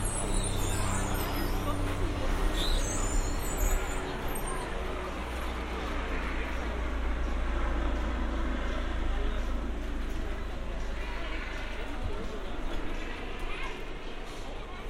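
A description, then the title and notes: A steady, dense crowd murmur on Santa Monica Pier with a constant low rumble underneath and faint high chirps early on. Santa Monica Pier. A binaural field recording.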